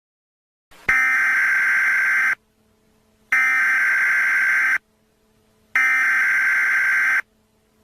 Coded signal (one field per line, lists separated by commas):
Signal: Emergency Alert System (SAME) tones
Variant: header bursts